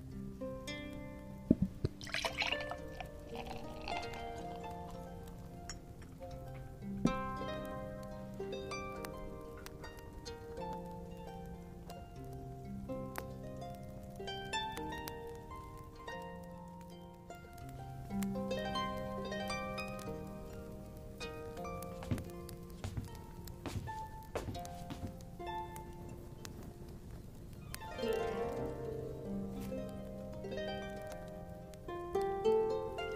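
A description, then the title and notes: Lute music plays throughout, a steady run of plucked notes in a low-to-middle range with a regular, unhurried pulse. Sharp clicks and knocks break in now and then, with brief rustling bursts near 2 seconds and again around 28 seconds. Quiet tavern asmr ambience with relaxing lute background music.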